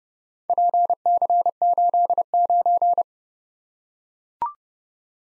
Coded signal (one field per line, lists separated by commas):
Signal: Morse code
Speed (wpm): 28 wpm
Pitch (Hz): 700 Hz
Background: none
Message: PC89